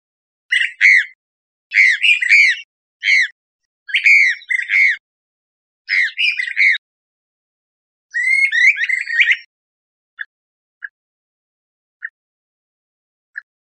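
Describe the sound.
Brown-crested flycatcher giving a series of harsh, burry calls, then several short faint clicks near the end.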